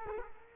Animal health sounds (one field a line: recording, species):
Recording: mosquito wingbeat signal from an infrared sensor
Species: Culex quinquefasciatus